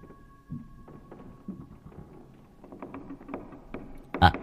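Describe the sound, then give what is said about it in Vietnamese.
A bamboo lattice door creaks and rattles as it is shaken, with irregular wooden groans and knocks that build to one sharp, louder clatter at the end. No one speaks. “Tôi mơ hồ còn nghe cả những tiếng kẽo kẹt tựa như là ai đang lay lay cái cửa liếp.”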